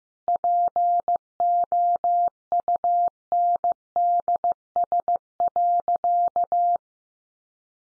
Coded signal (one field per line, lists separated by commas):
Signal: Morse code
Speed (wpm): 15 wpm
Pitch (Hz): 700 Hz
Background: none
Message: POUNDS.